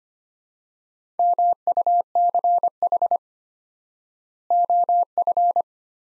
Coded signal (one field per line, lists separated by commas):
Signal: Morse code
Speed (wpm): 25 wpm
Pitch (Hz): 700 Hz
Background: none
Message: MUCH OF